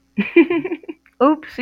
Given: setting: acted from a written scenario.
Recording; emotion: vocal sound without words; embarrassment